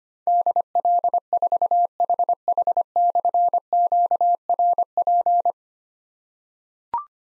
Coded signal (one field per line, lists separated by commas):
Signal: Morse code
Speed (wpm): 25 wpm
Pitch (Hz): 700 Hz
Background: none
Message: DL4HH/QRP